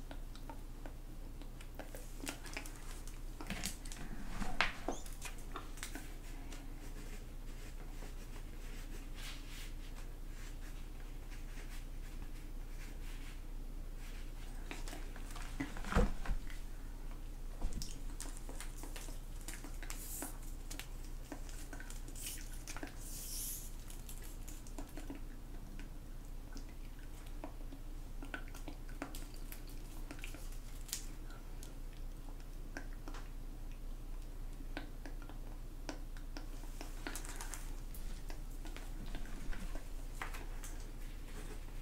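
Soft, barely audible whispering over a steady low hum. Faint rustles, light taps and small handling clicks come and go throughout, with slightly louder bursts of handling near 5, 16 and 37 seconds.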